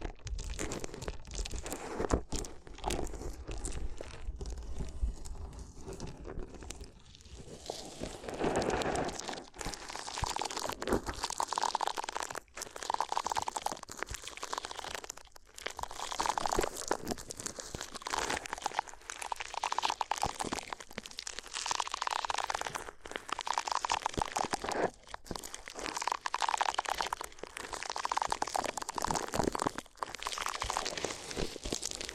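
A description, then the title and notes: Paper crinkles and crunches in dense, uneven bursts throughout, with sharp cracks scattered among swelling rustles that come and go every few seconds. ASMR If You Had Paper Ears (No Talking).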